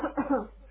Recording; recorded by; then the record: voluntary cough; telephone call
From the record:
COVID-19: positive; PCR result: self-reported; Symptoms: no